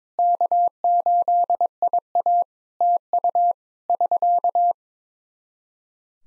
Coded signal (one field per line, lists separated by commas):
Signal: Morse code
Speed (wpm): 22 wpm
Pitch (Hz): 700 Hz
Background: none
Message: K8IA TU <SK>